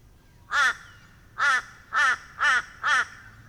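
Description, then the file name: Crow giving five rasping caws, a single call followed by four evenly spaced ones in rapid succession. "crow corbeau"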